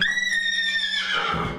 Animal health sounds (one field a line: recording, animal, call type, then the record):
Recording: contact call of a hoofed animal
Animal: horse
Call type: whinny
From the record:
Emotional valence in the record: negative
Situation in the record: group separation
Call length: 1.58 s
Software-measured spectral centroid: 2830 Hz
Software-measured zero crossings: 4450 a second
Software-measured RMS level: -24 dBFS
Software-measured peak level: -8 dBFS